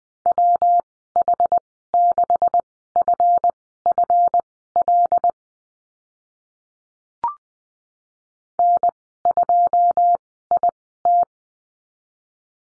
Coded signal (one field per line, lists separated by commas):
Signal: Morse code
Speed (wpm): 20 wpm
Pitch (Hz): 700 Hz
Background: none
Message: WH6FFL N2IT